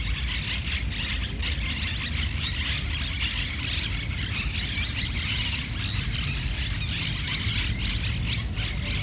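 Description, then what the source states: Monk parakeets keep up a busy stream of screechy, chattering calls, overlapping one another above a persistent low traffic rumble. Monk parakeets in Parc de la Ciutadella, Barcelona, recorded 20 September 2019.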